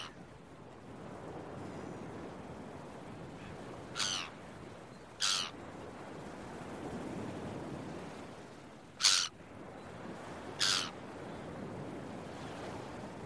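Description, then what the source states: Gull calling, four brief raspy cries in two pairs, rolling surf hissing underneath throughout. Early morning on a beach with waves.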